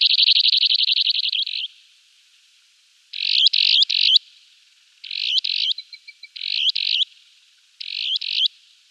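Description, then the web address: Broad-billed sandpiper giving a rapid dry buzzing trill, then clusters of two or three rasping buzzy notes separated by short silences. Male in display flight. "Schulze Peter Broad-billed Sandpiper male displayflight"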